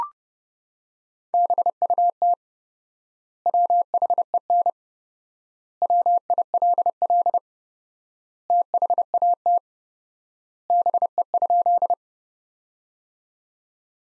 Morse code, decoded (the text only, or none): BUT WHEN WILL THAT BE?